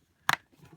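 A plastic back cover is pressed onto a Verizon Novatel 6620L Jetpack MiFi mobile hotspot after its SIM card and battery are reinstalled. A single sharp, bright snap with a quick double peak sounds at 0.3 s, followed by faint, low handling noise. The cover snaps on and is seated.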